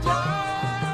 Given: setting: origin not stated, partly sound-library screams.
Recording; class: one-second piece from a danger detection set; normal situation